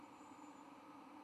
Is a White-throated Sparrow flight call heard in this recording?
no